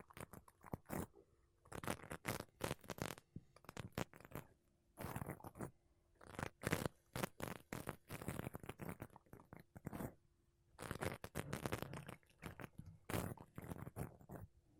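Makeup brushes and a sponge sweep across a microphone in quick, bristly strokes that come in dense runs, each a soft scratchy swish. Brief pauses break the rhythm near one, five and ten seconds, and a faint steady hum sits underneath throughout.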